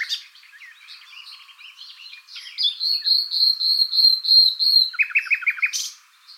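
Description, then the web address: Common nightingale singing soft varied twitters, then a long series of pure, even whistles on one pitch, ending with a quick rattle of repeated notes. "SETE Luscinia megarhynchos"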